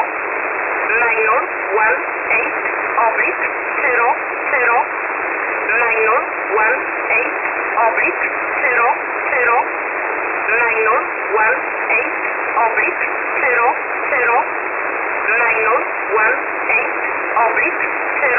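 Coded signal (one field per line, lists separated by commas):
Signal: numbers station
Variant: E11 Oblique, English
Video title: E11 Oblique 30/01/2024 1430 UTC 13363kHz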